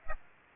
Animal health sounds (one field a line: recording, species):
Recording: mosquito wingbeat signal from an infrared sensor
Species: Aedes aegypti